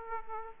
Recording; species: mosquito wingbeat signal from an infrared sensor; Aedes aegypti